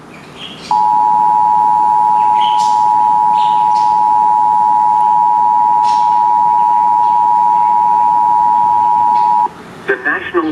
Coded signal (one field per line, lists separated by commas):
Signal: Emergency Alert System (SAME) tones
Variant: 853 and 960 Hz attention tone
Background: speech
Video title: THUNDER HERE, THUNDER THERE! EAS Alerts from 6/13/17 (EAS #233 - 260)